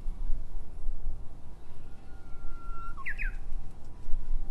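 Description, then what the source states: Japanese bush warbler song: a long level whistle followed by two quick, clear, higher notes, heard over constant low rumbling noise. Recorded in 2012.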